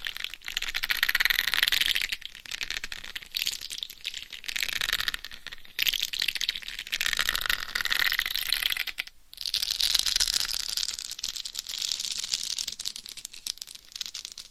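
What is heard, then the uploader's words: Scratching and rubbing on a head mic, with dense, crackly bristling that swells and fades in long strokes. The sound is bright and scratchy with little low end. Brief pauses come near 2, 6 and 9 seconds before the scratching resumes. ASMR Binaural Head Mic Scratching & Tapping INTENSE Head & Scalp Massage. No Talking.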